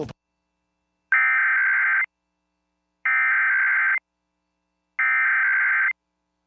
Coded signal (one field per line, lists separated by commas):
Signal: Emergency Alert System (SAME) tones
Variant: header bursts